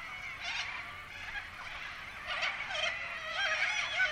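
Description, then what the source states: Corellas giving grating, nasal calls in irregular overlapping bursts, a busy flock chorus that swells toward the end. Several corellas recorded in the Pilbara, Australia.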